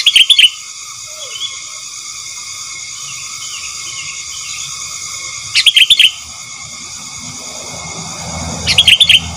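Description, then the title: Sooty-headed bulbul giving short bubbly chattering phrases, three bursts spaced several seconds apart, over a steady high hum and faint low rumble. "Kutilang"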